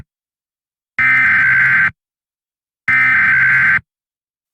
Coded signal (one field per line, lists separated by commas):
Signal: Emergency Alert System (SAME) tones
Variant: header bursts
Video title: EAS Mock #1 | EAS Fail